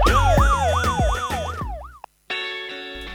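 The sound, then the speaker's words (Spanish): An ambulance siren at the end of a song wails in quick, repeating rising sweeps over a heavy, booming bass line, then slows and drops out into a brief silence before a steady tonal chord takes over. “Sí, más o menos esto va a terminar en una ambulancia, ¿no?”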